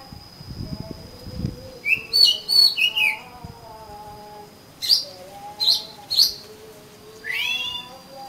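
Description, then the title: Oriental magpie-robin giving spaced sweet whistles and short chirps, closing with a rising slurred phrase; a thin steady high tone runs beneath, with faint low rumbling at the start. "Kacer Kacer"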